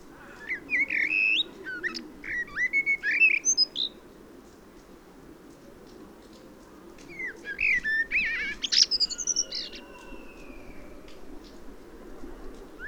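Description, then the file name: Common blackbird song: two warbled phrases of mellow whistles mixed with high squeaky twitters, separated by a pause of several seconds. "Turdus merula"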